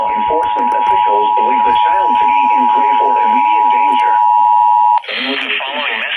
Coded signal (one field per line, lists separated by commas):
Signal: Emergency Alert System (SAME) tones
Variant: 853 and 960 Hz attention tone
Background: speech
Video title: CAE EAS #156, 157, and 158 (WXK29, KGNZ, KWN37)